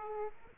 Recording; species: mosquito wingbeat signal from an infrared sensor; Aedes aegypti